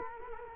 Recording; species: mosquito wingbeat signal from an infrared sensor; Culex quinquefasciatus